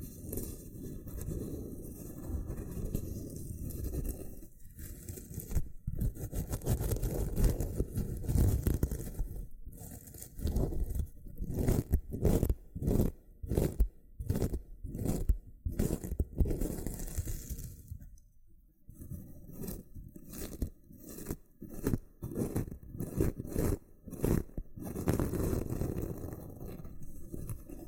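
Loofah triggers: dense, rough scraping and scrubbing, mostly low and full, with occasional brighter hiss. From about ten seconds, rapid regular bursts of scratching pulse in quick succession, pausing briefly near eighteen seconds before resuming, then settling back into steadier rubbing.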